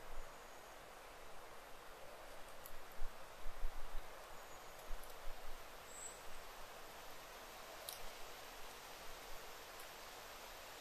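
A deep, still wilderness thicket: a steady soft hiss of air and leaves fills the whole stretch, with faint rustling swells around three to five seconds. A few tiny, high bird chirps flicker past now and then, notably near six and eight seconds.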